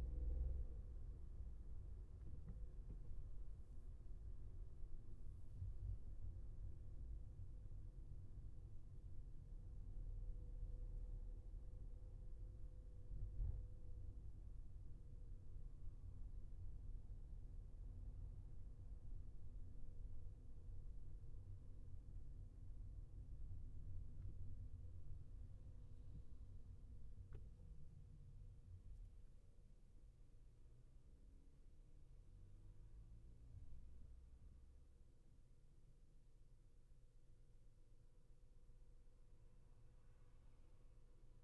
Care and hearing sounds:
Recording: everyday scene through a hearing-aid microphone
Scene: in a vehicle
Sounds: engine, highway traffic jam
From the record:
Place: Skoda Fabia, gasoline engine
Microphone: behind the ear, left, rear

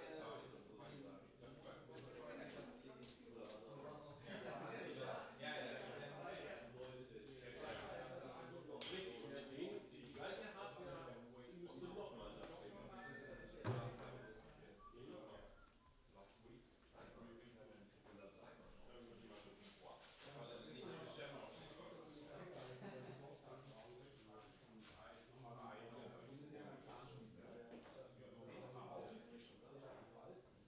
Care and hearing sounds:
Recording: everyday scene through a hearing-aid microphone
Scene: many people talking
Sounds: many voices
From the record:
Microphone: in the ear canal, left

